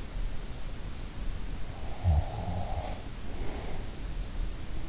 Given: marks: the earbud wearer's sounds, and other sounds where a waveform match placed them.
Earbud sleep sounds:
sounds in sleep by an in-ear microphone; breath, snoring breath
1.79-3.87 s: breath
1.97-2.75 s: snoring breath

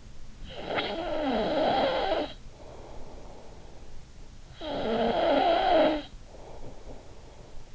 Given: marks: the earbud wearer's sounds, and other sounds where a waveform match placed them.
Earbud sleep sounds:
sounds in sleep by an in-ear microphone; snoring breath
0.24-4.10 s: snoring breath
4.36-7.75 s: snoring breath

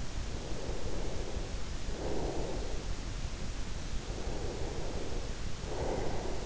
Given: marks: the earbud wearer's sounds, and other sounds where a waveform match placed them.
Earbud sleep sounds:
sounds in sleep by an in-ear microphone; breath
0.30-2.87 s: breath
4.30-6.46 s: breath

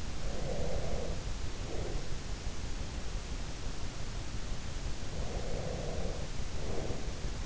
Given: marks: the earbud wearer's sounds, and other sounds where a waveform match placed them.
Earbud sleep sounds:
sounds in sleep by an in-ear microphone; breath
0.19-2.20 s: breath
5.01-7.46 s: breath

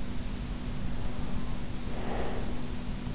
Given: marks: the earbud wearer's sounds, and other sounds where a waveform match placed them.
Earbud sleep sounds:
sounds in sleep by an in-ear microphone; breath
1.57-3.06 s: breath

